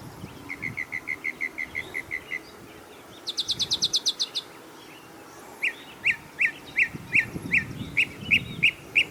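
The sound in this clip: Bird song in three phrases: a rapid even string of short notes, then a quick burst of very high ticks, then louder rising chirps repeated steadily, over a low background rumble.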